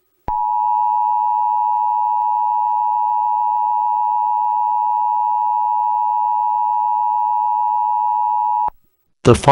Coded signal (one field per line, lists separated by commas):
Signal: Emergency Alert System (SAME) tones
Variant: 853 and 960 Hz attention tone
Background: speech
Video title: EAS Scenario #17 - Illinois Nuclear Disaster